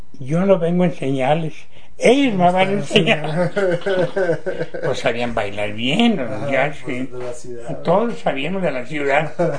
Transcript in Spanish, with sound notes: “yo no vengo a enseñarles, ellos me van a enseñar”. (risas) Pos sabían bailar bien los muchachos, bien. Y todos sabíamos de la ciudad.